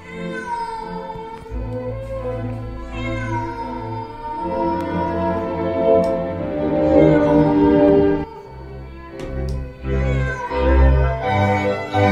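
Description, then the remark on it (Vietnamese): A black cat lets out long, eerie yowls toward a village, drawn-out wavering cries with strong harmonics, rising and falling over a low droning background, loud and sustained with brief pauses between calls. “Rồi nó cũng quắc mắt nhìn về phía ngôi làng mà kêu lên những tiếng lạnh lẽo đến rợn cả người.”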